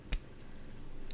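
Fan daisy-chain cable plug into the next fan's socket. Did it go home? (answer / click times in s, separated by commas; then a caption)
yes / 0.1 s. A male daisy-chain cable plug on a Montech LightFlow ARGB fan is clipped into the female socket of the next fan until its plastic latch clicks. A sharp click at 0.1 s shows the connector has seated. A second short tick follows near 1.1 s over a quiet background.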